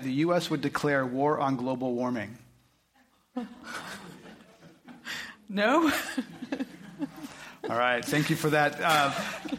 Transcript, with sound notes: would declare war on global warming?
[Laughs]
No. [Laughs]
Alright. Thank you for that.